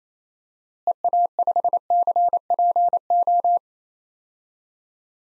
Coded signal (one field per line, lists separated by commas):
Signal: Morse code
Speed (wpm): 28 wpm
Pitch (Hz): 700 Hz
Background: none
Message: EA5CPO